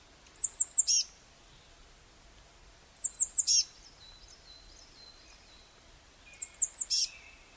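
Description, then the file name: Eurasian blue tit giving three short bursts of thin, very high notes, spaced about three seconds apart; otherwise mostly quiet. "Cyanistes caeruleus"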